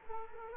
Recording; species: mosquito wingbeat signal from an infrared sensor; Culex quinquefasciatus